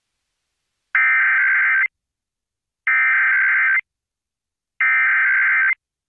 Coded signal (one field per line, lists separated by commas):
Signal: Emergency Alert System (SAME) tones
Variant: header bursts